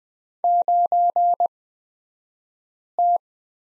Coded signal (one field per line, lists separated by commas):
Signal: Morse code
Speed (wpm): 20 wpm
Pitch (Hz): 700 Hz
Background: none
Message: 9T